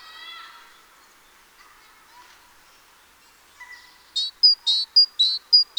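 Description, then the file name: Great tit calls: after quieter lower sounds, a quick run of buzzy notes alternating with high whistles. "Parus major"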